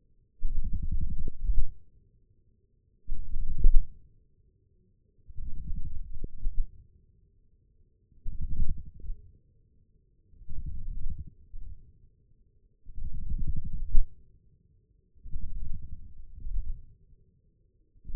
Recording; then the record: forearm muscle sounds (acoustic myography)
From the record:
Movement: wrist flexion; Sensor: system 1, eight BSWA MPA416 microphones around the upper forearm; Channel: 8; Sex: male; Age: 20 years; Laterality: left